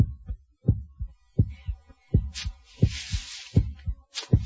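pounding heartbeat

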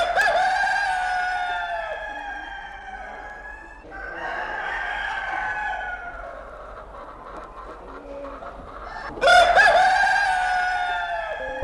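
rooster crowing

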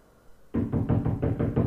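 knocking on a door

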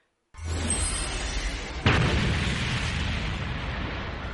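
loud explosion

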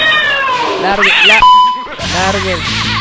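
cat meowing

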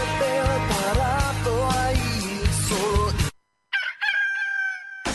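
rooster crowing

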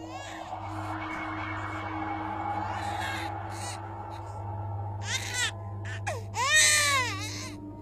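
children crying

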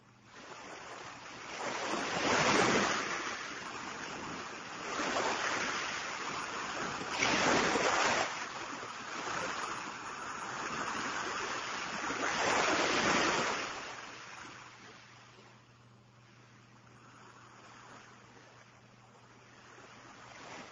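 ocean waves and wind

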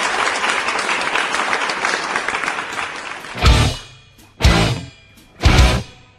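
applause

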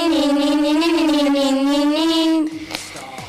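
mobile phone ringing

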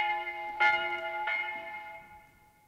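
church bell ringing

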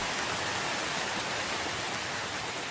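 heavy rain

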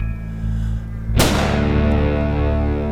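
rifle gunshot

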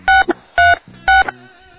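telephone keypad dialing tones

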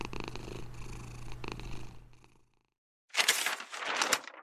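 cat purring

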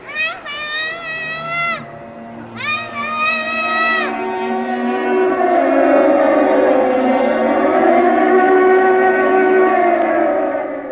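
air raid siren

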